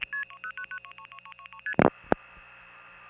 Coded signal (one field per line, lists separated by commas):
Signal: multi-frequency trunk signalling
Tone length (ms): 70 ms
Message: 0 333ST